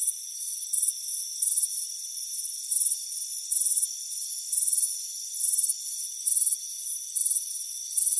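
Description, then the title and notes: Crickets chirping in sharp pulsed bursts roughly every second, with steady high insect tones in the background. "Soothing Crickets Chirping Sound. warm afternoon front porch chirping crickets"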